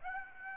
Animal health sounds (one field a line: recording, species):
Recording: mosquito wingbeat signal from an infrared sensor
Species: Aedes aegypti